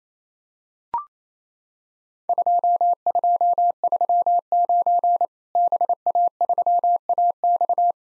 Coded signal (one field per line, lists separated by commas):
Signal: Morse code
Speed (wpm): 28 wpm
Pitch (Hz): 700 Hz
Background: none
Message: 2239 BA3AX